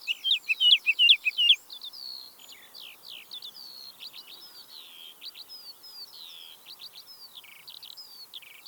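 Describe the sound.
Woodlark song opening with a loud burst of quick notes, then a long softer stretch of varied twittering and thin whistles.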